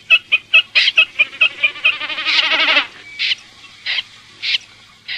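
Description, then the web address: Common snipe uttering quick ticking notes that run into a buzzy nasal phrase, then spaced harsh calls. Filtered audio. "FILTERED BECCACCINO"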